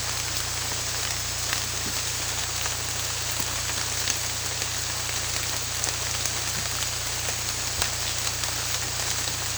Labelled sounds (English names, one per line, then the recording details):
none
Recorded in dense forest near Puerto Asís, Putumayo, Colombia, on 18 December 2024 at 00:30
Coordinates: 0.467, -76.328
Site GP05